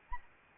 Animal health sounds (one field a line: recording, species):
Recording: mosquito wingbeat signal from an infrared sensor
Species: Anopheles arabiensis